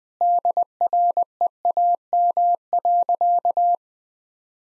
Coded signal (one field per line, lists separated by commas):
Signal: Morse code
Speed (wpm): 20 wpm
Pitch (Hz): 700 Hz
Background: none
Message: DREAM.